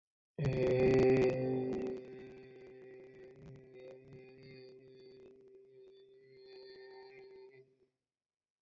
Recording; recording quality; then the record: sustained vowel as in made; moderate, slight background noise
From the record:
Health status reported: respiratory illness, not identified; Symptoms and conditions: asthma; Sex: male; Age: 27 years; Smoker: not ticked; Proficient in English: yes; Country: India